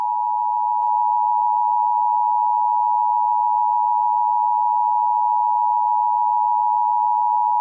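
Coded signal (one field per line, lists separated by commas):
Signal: Emergency Alert System (SAME) tones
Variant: 853 and 960 Hz attention tone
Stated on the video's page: Fictional EAS scenario in analog horror style, using valid EAS tones.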